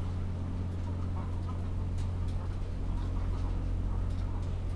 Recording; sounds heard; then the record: poultry house recording; sick chickens (respiratory disease)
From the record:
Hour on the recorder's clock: 17